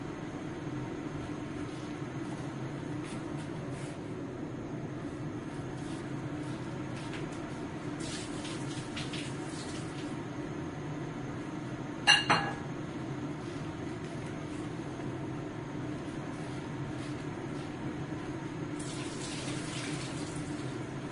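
Dishwashing with a steady, low running rumble of water throughout. Faint clinks and brief splashes come and go, with a sharp clatter of dishes just after twelve seconds, and a brighter hiss of spraying water near the end.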